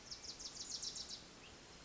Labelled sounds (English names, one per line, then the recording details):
Bewick's Wren
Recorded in Sonoma County, California